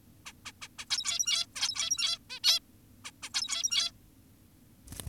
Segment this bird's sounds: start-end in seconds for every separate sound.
0.26-0.33, 0.46-0.52, 0.62-0.68, 0.79-0.86, 0.90-1.46, 1.56-2.18, 2.30-2.40, 2.44-2.60, 3.05-3.11, 3.23-3.30, 3.34-3.92